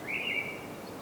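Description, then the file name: Common blackbird giving a single thin, slightly wavering whistled note over steady background hiss. "Turdus merula"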